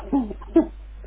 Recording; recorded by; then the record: voluntary cough; telephone call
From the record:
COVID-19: positive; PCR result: checked with the laboratory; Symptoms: no